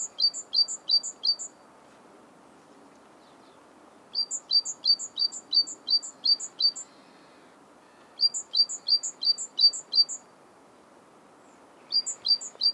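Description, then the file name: Great tit song in four bursts, each a rapid string of high, ringing two-note phrases, with short pauses between bursts. "Parus major"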